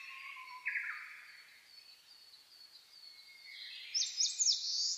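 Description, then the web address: Birds singing in a dawn chorus: a soft thin whistle and a brief buzzy note, then a burst of loud, high twittering at the end. Dawn birdsong (reimei, saezuri), recorded 10 May 2010. "reimei -saezuri-20100510-0401"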